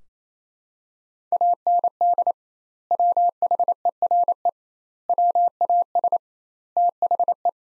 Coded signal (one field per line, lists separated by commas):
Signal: Morse code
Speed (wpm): 28 wpm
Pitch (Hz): 700 Hz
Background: none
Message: AND WHERE WAS THE